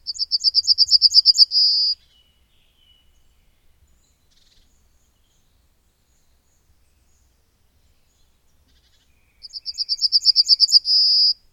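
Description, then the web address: Bird song repeated twice, each phrase a fast trill of high, even notes finishing on a drawn-out note, separated by about seven seconds of near silence. "madarak enek"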